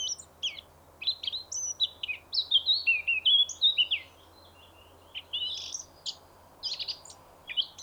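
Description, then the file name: Eurasian blackcap song: a fast, scratchy chatter of varied high notes, then a brief pause and more chattering. "Sylvia atricapilla"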